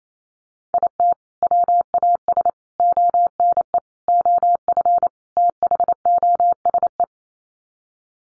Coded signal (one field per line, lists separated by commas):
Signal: Morse code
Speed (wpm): 28 wpm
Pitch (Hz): 700 Hz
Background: none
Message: IT WAS ONE OF THOSE